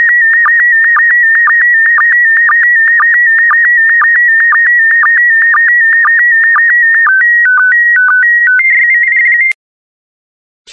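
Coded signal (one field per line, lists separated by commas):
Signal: SSTV (slow-scan television)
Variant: PD120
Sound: steady warbling tone around 2 kHz with regular short low blips, then stepped beeps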